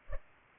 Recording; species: mosquito wingbeat signal from an infrared sensor; Culex pipiens